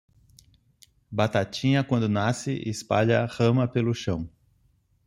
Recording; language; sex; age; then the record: short text; Brazilian Portuguese; male; 50 to 59 years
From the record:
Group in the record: control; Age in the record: 50 years